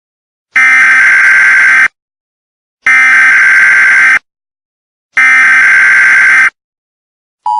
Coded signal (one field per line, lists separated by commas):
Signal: Emergency Alert System (SAME) tones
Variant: header bursts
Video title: EAS in Creepypasta: Smile Dog- 10th Subscriber Special!